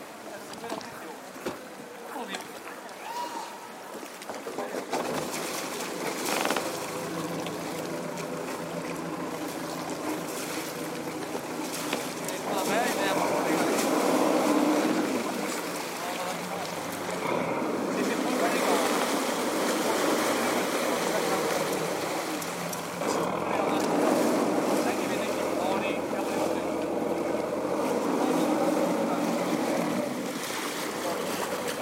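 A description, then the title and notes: Running water rushes and churns in a dense, continuous wash, fuller in the middle and upper range than in the low end. The first dozen seconds are softer and thinner, then the flow swells and stays loud, with brief splashy surges around 5, 17 and 23 seconds. Running water.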